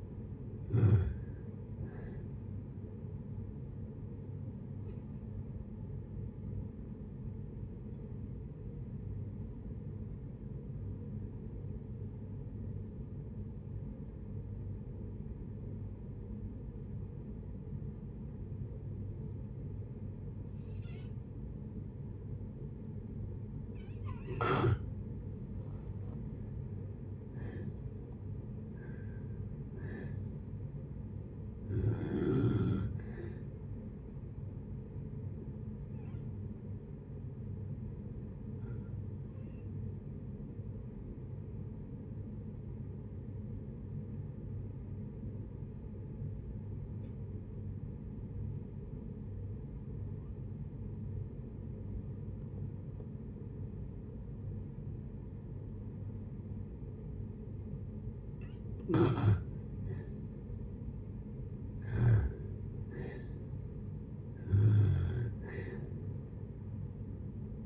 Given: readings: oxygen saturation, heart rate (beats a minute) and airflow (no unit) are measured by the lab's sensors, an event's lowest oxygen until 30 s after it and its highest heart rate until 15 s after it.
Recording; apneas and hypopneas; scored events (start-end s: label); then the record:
breathing in sleep by a smartphone at the bedside; 2
4.00-24.70 s: hypopnea (N1, oxygen 95% highest, then 85% lowest, heart rate 72 at the start, 72 highest)
35.00-58.30 s: hypopnea (N1, oxygen 95% highest, then 79% lowest, heart rate 68 at the start, 71 highest)
From the record:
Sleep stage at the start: N1 (lightest sleep); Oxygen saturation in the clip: 78 to 95%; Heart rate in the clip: 55 to 73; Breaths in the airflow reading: 13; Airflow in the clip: -6.0 to 7.9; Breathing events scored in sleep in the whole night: 496 in 5.4 hours asleep